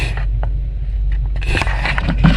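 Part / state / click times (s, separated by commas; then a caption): factory throttle wiring plug into throttle controller unit / not seated / none. A factory drive-by-wire throttle wiring plug is handled and slid toward the top of a throttle controller unit, with scraping and light handling noises over a low steady hum and a couple of brief knocks near 1.6 and 2.0 seconds. The plug has not seated or clicked in yet.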